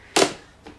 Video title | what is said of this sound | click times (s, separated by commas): iRobot Roomba 880 Reviews - Best Seller Vacuum Cleaner 2018 | just make sure this goes on with a little click. | 0.2 s